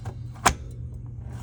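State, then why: Seated. A graphics card, already aligned, is pushed down into the PCIe slot on a motherboard until the slot's retention latch engages. A loud, sharp click at 0.5 s rises over a steady low hum, with fainter small clicks around it, as the card seats.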